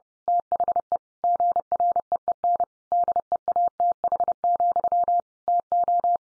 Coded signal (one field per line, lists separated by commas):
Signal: Morse code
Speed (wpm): 30 wpm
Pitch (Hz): 700 Hz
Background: none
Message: THE GREEN DEATH, TO